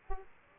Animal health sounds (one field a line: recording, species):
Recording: mosquito wingbeat signal from an infrared sensor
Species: Aedes aegypti